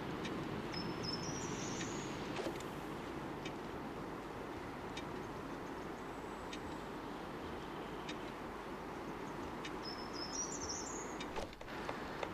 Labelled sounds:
Short-toed Treecreeper

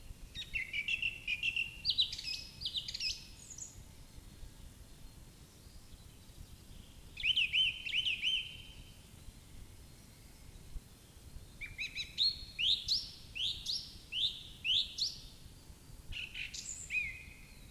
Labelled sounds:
Song Thrush song

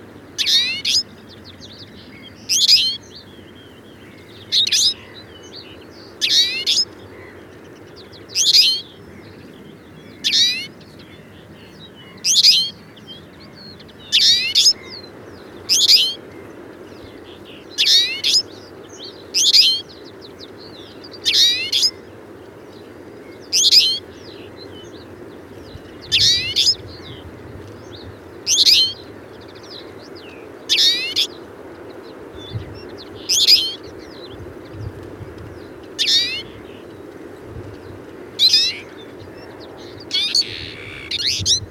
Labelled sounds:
Twite song

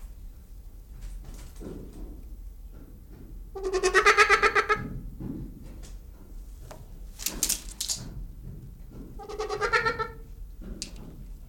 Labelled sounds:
Trumpeter Hornbill call

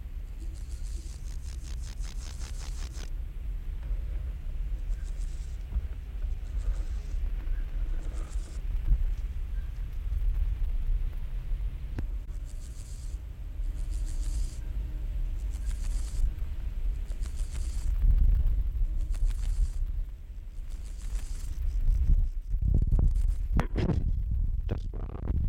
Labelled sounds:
Water-meadow Grasshopper stridulation

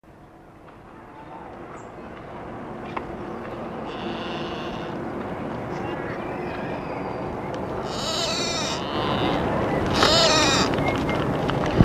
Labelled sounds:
Tur call

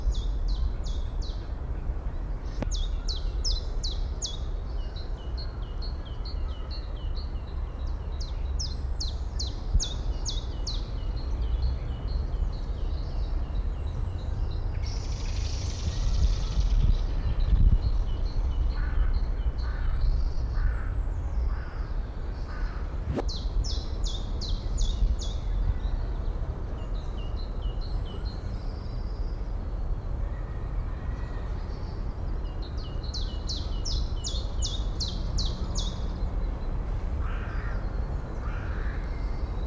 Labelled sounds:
Common Chiffchaff

